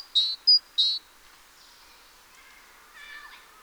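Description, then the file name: Great tit call: two buzzy notes bracketing a short high whistled note in under one second, then faint quieter sounds. "Parus major"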